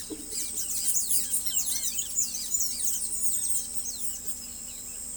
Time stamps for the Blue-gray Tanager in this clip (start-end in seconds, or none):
0.00-5.01